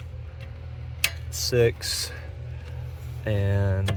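A plastic dash wiring harness connector on a 4th gen 4Runner is pushed into its mating socket while the dash wiring is being reconnected. A sharp click at 1.0 s shows the connector has seated, with a low steady hum underneath. Someone talks.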